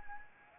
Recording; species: mosquito wingbeat signal from an infrared sensor; Anopheles arabiensis